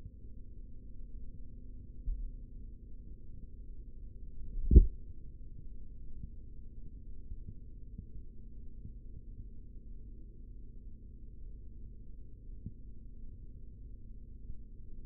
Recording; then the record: forearm muscle sounds (acoustic myography)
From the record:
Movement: rest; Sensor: system 3, bracelet of six PUI Audio POM-2738L microphones around the upper forearm, with dedicated amplification and filtering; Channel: 4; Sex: male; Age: 56 years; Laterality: right